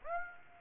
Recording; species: mosquito wingbeat signal from an infrared sensor; Aedes aegypti